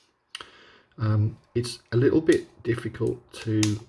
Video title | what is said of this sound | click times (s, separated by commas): CZ Shadow SP01 - 4.5 m C02 BB gun from ASG | while the sp02 has this kind of nice click when you employ the safety | 0.4 s